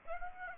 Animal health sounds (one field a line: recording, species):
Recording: mosquito wingbeat signal from an infrared sensor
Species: Aedes aegypti